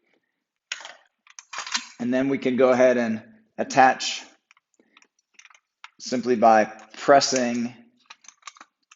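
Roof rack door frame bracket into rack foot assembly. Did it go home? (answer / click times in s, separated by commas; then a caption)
yes / 8.5 s. A plastic door frame bracket is pressed into the foot assembly of a Thule Evo Clamp roof rack foot for WingBar Evo crossbars on a 2018+ KIA Stinger. Someone talks, then faint handling taps follow, and the bracket snaps into place with a click at 8.5 s.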